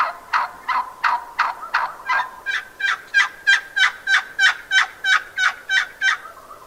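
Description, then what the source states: Wild Turkey yelping, a steady, even series of about twenty sharp notes. Plain yelp evolving into a lost call, a sound a newborn turkey poult makes when out.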